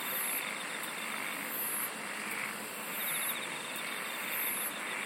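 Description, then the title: Insects trilling together, with short very high pulsed bursts repeating about every second and a half over constant hiss. "SINGING OF INSECTS"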